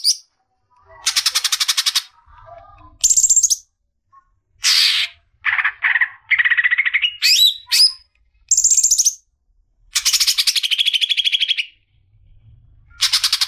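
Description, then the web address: Greater green leafbird song: varied, scattered phrases of sharp high whistles, rising and falling slurs and fast buzzy trills, separated by short silences. "suara burung cucak ijo"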